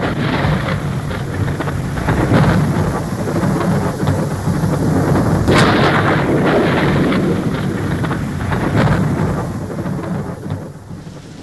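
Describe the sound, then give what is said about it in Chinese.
A heavy downpour roars steadily after sultry, muggy weather while deep thunder rumbles and rolls underneath, swelling in waves across the stretch with no voices present. “倾盆大雨冲刷了几分闷热”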